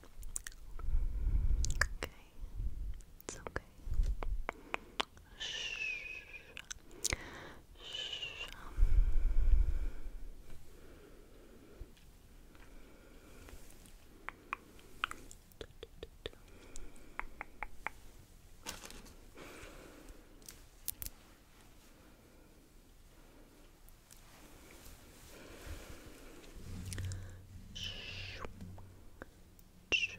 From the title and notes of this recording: ASMR Comforting You With Personal Attention NO TALKING Face Brushing, Hair Combing etc.